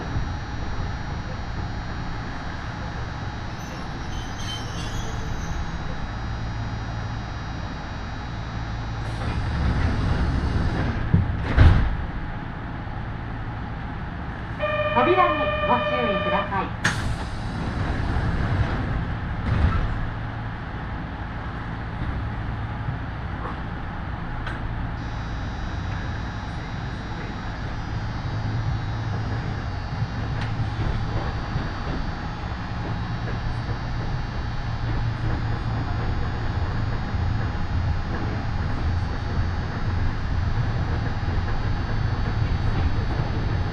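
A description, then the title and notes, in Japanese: A ride on the Yoro Railway: a steady low rumble of the train runs throughout under a faint constant whine. Around 15 seconds a short bright chime sounds, and sharp knocks and clatters stand out near 11, 17 and 20 seconds. 養老鉄道 揖斐→大垣→養老。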